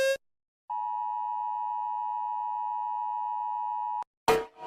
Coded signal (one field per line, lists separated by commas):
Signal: Emergency Alert System (SAME) tones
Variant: 853 and 960 Hz attention tone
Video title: Rating EAS Sounds by how scary they are | Gwape